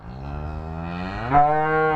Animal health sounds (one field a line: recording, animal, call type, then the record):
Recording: contact call of a hoofed animal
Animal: cattle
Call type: low-frequency (closed-mouth) or high-frequency (open-mouth) call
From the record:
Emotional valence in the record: negative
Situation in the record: full separation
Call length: 2.1 s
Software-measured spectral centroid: 1050 Hz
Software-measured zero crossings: 1160 a second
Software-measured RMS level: -22 dBFS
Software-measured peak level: -4 dBFS